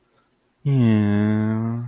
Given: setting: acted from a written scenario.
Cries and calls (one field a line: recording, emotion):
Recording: vocal sound without words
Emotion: sympathy